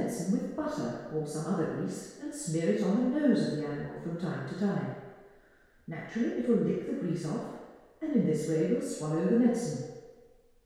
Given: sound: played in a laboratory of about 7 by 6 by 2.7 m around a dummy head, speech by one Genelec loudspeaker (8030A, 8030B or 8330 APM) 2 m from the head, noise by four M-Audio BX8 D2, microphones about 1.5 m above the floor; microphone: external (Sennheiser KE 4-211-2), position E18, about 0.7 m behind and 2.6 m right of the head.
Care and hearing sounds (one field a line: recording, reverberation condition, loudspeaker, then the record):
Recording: female speech in English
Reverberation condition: high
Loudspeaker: 120 degrees to the right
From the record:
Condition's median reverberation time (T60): about 1300 ms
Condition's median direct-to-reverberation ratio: about -4.0 dB